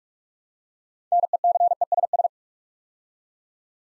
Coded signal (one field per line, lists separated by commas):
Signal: Morse code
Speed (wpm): 44 wpm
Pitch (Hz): 700 Hz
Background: none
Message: NECESS